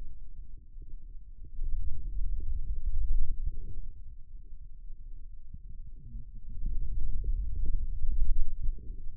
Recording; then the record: forearm muscle sounds (acoustic myography)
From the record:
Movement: pen grasping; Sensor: system 2, bracelet of six BSWA MPA416 microphones around the upper forearm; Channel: 6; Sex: male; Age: 22 years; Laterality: right